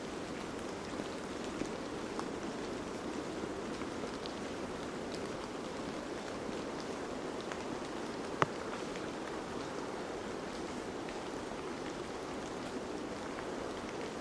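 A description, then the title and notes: Steady, dense roar at Cape Disappointment, likely surf, with faint scattered ticks and a sharp click near the eighth second. Recorded August 25th, 2022 at Cape Disappointment on the Pacific Coast in Washington.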